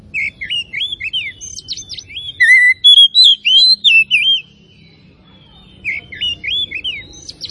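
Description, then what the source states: Oriental magpie-robin song of rapid whistled slurs and trills, a dense loud run in the middle, then softer phrases resuming near the end over faint low noise. Kacer Tretes, a local variety, singing actively in full voice.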